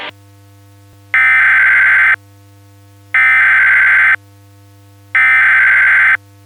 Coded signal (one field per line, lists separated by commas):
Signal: Emergency Alert System (SAME) tones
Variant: header bursts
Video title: EAS Scenario Christmas Special: Holiday Havoc